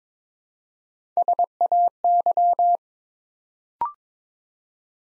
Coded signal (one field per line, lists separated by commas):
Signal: Morse code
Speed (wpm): 22 wpm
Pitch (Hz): 700 Hz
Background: none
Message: SAY